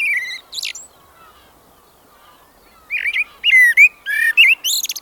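Blackbird song, a brief whistled phrase, a pause, then a longer run of fluty notes breaking into rapid high chattering twitters.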